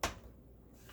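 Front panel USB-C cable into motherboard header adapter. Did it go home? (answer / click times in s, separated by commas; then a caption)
yes / 0.0 s. A front-panel USB-C cable connector from a be Quiet! Pure Base 500 DX Black case is pushed up into the USB-C header adapter on a B450M DS3H motherboard. A single sharp, bright click sounds at 0.0 s, followed by a low, steady background hum. The connector is seated and clicked in.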